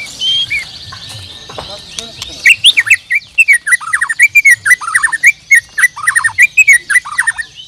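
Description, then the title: Bird song opening with a thin whistle, then a long regular series of sharp chirps and short downslurred notes at a quick, even rhythm. "Kicau Burung"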